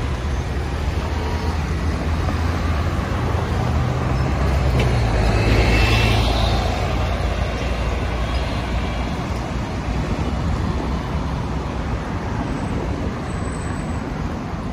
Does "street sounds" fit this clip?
yes